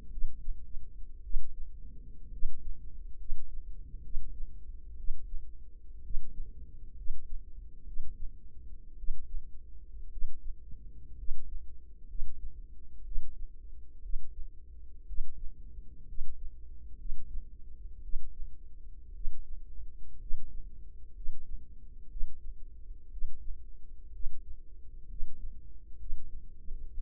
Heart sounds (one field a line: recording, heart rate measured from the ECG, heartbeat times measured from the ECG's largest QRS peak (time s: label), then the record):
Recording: heart sounds by microphone in the left ear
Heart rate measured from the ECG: 60 bpm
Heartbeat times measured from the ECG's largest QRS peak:
0.09 s: heartbeat
1.21 s: heartbeat
2.29 s: heartbeat
3.16 s: heartbeat
4.01 s: heartbeat
4.95 s: heartbeat
6.01 s: heartbeat
6.93 s: heartbeat
7.83 s: heartbeat
8.95 s: heartbeat
10.08 s: heartbeat
11.15 s: heartbeat
12.05 s: heartbeat
13.02 s: heartbeat
14.00 s: heartbeat
15.05 s: heartbeat
16.05 s: heartbeat
16.96 s: heartbeat
18.00 s: heartbeat
19.12 s: heartbeat
20.17 s: heartbeat
21.12 s: heartbeat
22.07 s: heartbeat
23.09 s: heartbeat
24.10 s: heartbeat
25.06 s: heartbeat
25.96 s: heartbeat
26.90 s: heartbeat
From the record:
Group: healthy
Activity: rest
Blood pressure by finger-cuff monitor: 98/62 mmHg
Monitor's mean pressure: 73 mmHg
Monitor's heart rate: 61 bpm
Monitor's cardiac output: 4.7 L/min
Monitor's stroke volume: 78 mL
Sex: female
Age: 36 years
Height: 163 cm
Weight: 88 kg